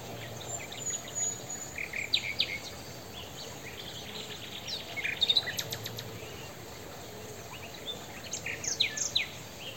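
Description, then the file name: Common nightingale song in short bursts of rapid repeated notes and sharp high whistles, phrases separated by pauses, over steady hiss and faint background noise. "Luscinia megarhynchos"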